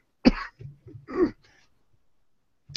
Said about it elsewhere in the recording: My voice here is quite croaky, and I keep coughing from time to time.